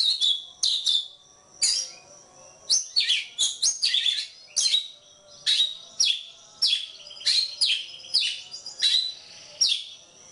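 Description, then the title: Oriental magpie-robin pouring out sharp whistles, chattering and slurred notes in rapid phrases, with a short gap early on. Kacer poci form; national champion competition bird; chatty (gacor) singer using nembak (shooting) and ngerol (rolling) song styles; seven song types every three minutes. "Kacer Poci Gacor Nembak Dan Ngerol Juara Nasional. 7 macam suara kacer setiap 3 menit"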